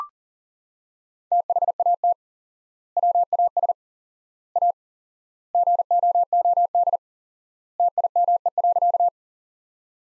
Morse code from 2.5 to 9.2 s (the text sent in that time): WAS A GOOD TIME.